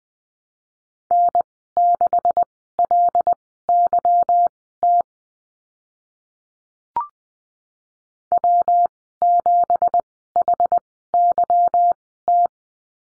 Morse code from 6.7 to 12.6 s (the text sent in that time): W7HYT